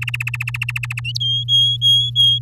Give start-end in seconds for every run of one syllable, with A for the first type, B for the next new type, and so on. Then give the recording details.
0.01-1.00 A, 1.20-2.39 B. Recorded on 10 May 2018 at 06:22. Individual llb16